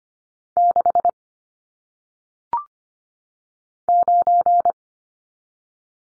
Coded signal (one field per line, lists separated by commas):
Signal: Morse code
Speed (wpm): 25 wpm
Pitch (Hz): 700 Hz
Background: none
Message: 6 9